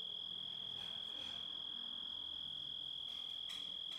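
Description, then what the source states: Grasshopper producing a constant high, thin tone from start to finish, steady in pitch and loudness, with faint scratchy noises behind it. Composite of several sounds.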